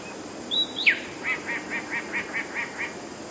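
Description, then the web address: Passerine: songbird song: a high note sliding down, then about eight short, evenly spaced notes repeated roughly every quarter second over faint background hiss. Song (śpiew) from a collection of passerine recordings. "wroblowe teka spiew. wroblowe teka modraszkoteka"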